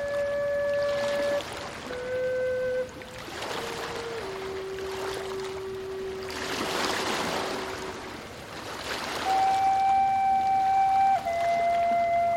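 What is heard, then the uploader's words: Slow flute notes hold and step between pitches while ocean waves wash steadily underneath, swelling into a fuller crash midway through. Relaxing Ocean Waves & Peaceful Flute Music By A Dreamy Tropical Beach. The gentle crashing of waves and the soulful notes of the flute. Hearing the slow waves crashing by the shore.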